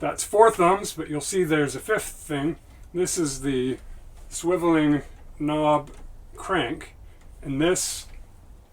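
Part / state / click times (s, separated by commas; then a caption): knob crank into the skein winder frame / not seated / none. Someone talks while handling the swiveling knob crank of a wooden skein winder, which tightens so it locks in place against the aluminum of the frame. Only speech is heard; nothing has seated or clicked yet by the end of the clip.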